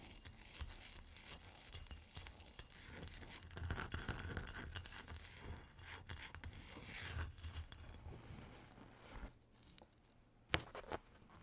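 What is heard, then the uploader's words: Ice is scratched and tapped in uneven bursts, with rough scraping through the middle and a sharp, bright knock near the end. ASMR Ice Tapping & Scratching (No Talking).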